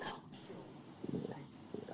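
An adult man snoring after falling asleep during the daytime, the snore a roaring rumble likened to a NASCAR race or a moped, picked up by a live microphone.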